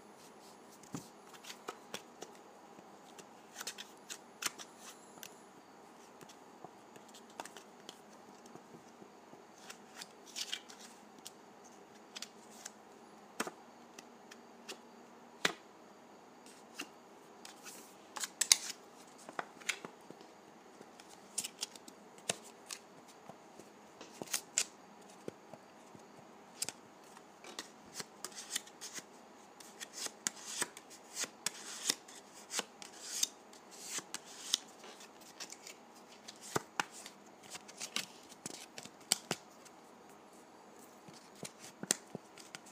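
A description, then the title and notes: Dry putty being squeezed and pressed gives a steady run of crisp, dense crackles and snaps, with brighter sharp clicks every second or two. ASMR Dry Putty.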